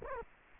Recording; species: mosquito wingbeat signal from an infrared sensor; Culex quinquefasciatus